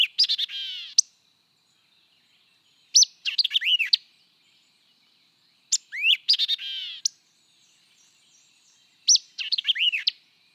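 White-eyed vireo song: quick, emphatic phrases mixing sharp notes, a burry warble and slurred whistles, given four times with pauses between.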